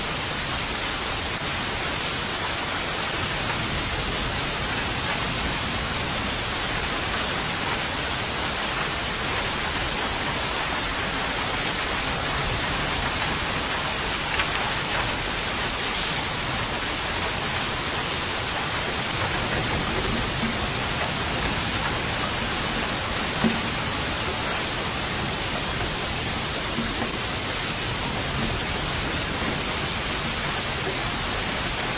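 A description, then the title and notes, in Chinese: Steady rain hisses without a break for the whole stretch, a dense, even wash that sits mostly in the upper range with a softer low rumble beneath. The level hardly changes, with only a couple of faint ticks near 14 and 23 seconds. 3D白噪音 下雨声。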